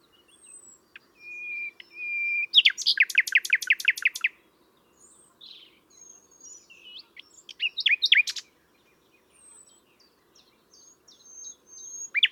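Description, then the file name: Common nightingale song: a soft whistle, then a loud, fast series of repeated sharp notes, followed by scattered chirps, whistles and a brief burst. "Luscinia megarhynchos"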